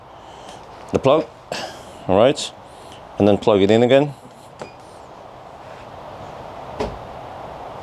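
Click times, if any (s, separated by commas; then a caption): 6.8 s. Someone talks while unlocking an EV charging cable plug, pulling it out and pushing it back into the charging inlet of a Renault Megane E-Tech. A sharp click at 6.8 s marks the plug seating, and the car then starts drawing power from the charging station.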